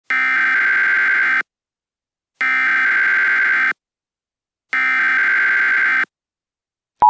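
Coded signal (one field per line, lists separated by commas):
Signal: Emergency Alert System (SAME) tones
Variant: header bursts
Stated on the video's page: Real tornado alert, not a scenario.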